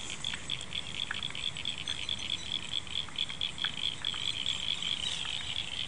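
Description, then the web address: Frogs calling in a chorus, a steady high trill overlaid with rapid pulsed notes and scattered sharp clicks, over a constant low rumble. Frogs calling after rain, February 2011. "2011 02 ds 106 field recording frogs after rain"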